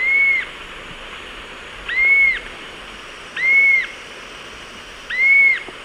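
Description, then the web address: Bluish-fronted jacamar calls: four even, high whistled notes spaced well apart, against a steady background hiss. A pair calling; eastern lowlands of South America. "Natures Songs S America Eastern Lowlands. Galbula chalcothorax, calls pair"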